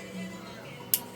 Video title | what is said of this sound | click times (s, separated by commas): Think We Hurt The Engine | push until they snap do you hear them snap yo | 0.9 s